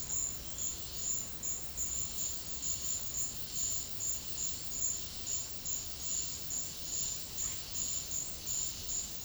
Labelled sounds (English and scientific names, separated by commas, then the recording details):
none
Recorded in secondary vegetation near Puerto Asís, Putumayo, Colombia, on 4 March 2025 at 12:30
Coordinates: 0.484, -76.319
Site G010